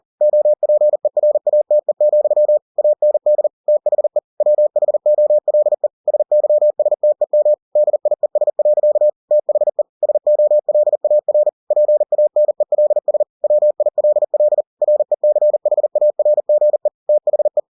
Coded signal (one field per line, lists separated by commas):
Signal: Morse code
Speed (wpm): 40 wpm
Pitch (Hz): 600 Hz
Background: none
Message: OPERATE, AND THE WHOLE SYSTEM DIES. THE SOLAR PANELS WILL RECHARGE THE